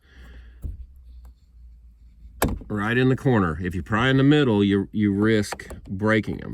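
A plastic dome light lens in the roof light housing of a 2005 Pathfinder is pried down at its corner with a screwdriver or knife, since prying in the middle risks breaking it. After quiet handling noise, a sharp pop at 2.4 s marks the retaining catch letting go and the lens releasing. Someone then talks.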